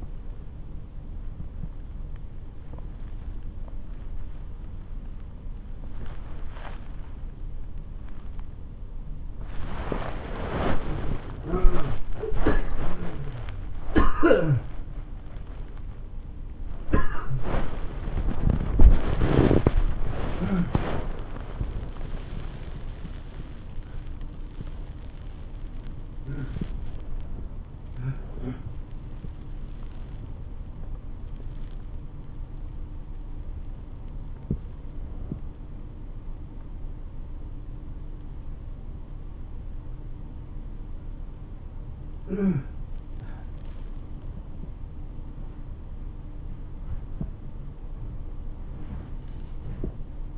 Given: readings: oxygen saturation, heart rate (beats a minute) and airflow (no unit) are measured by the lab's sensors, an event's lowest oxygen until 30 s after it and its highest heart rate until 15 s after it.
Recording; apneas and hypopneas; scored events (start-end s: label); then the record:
a person awake in a sleep study, by a smartphone at the bedside; none
0.00-50.38 s: awake
From the record:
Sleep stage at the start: awake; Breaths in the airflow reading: 18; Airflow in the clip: -1.1 to 0.9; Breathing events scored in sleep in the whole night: 304 in 5.6 hours asleep